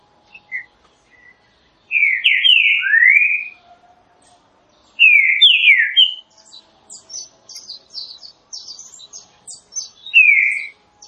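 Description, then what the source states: Green-winged saltator delivering two strong bursts of descending whistled notes separated by silence, then soft high chatter and a final falling whistle. Classic song used for song training.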